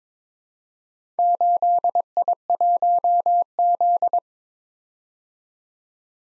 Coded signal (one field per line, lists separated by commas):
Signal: Morse code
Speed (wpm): 22 wpm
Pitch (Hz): 700 Hz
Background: none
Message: 8I1Z